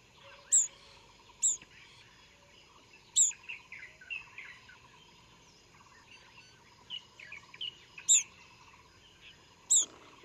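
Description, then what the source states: Olive-backed pipit calling with sharp, high, wheezy notes at uneven gaps, while softer chirps from other birds and a constant hum fill the background. Recorded at Yushan, Taiwan.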